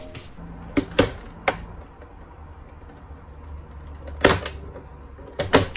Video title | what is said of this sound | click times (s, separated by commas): PS4 Pro Disassembly: Ultimate Guide for Fan Cleaning and Thermal Paste Replacement | Take the corners with your fingertips and pull up until it clicks | 0.8 s, 1.0 s, 1.5 s